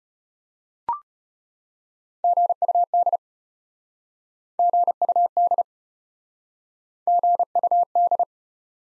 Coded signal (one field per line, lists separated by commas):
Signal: Morse code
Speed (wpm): 34 wpm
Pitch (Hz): 700 Hz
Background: none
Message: GUD GUD GUD